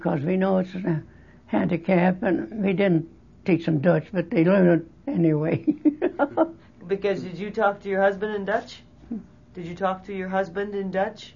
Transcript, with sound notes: Because we know it's, it's a handicap and we didn't teach them Dutch. But they learn anyway. (laughs)
Because, did you talk to your husband in Dutch?
Mmm.
Did you talk to your husband in Dutch?